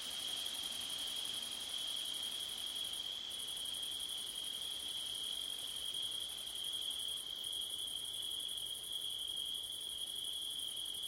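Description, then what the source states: Cricket: continuous shrill trilling, a steady tone and a brighter upper layer, with faint breezy noise throughout. Crickets on a September night, with wind; Blumlein stereo recording.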